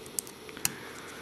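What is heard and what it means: A second Dual Lock fastener strip is pressed onto the mating strip already on a camera, and its plastic heads snap together with two sharp clicks at 0.2 s and 0.7 s, with fainter ticks between them. The strip seats but sits a bit crooked, so it is to be redone to keep the camera looking professional.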